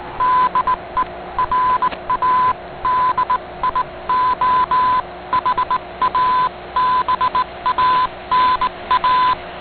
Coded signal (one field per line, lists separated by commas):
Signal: Morse code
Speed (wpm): 18 wpm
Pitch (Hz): 1010 Hz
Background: none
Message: DE RADIOHABANA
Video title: Radio Havana Cuba DXers Unlimited Aug 7 2018 on 15140Khz Shortwave Radio R8600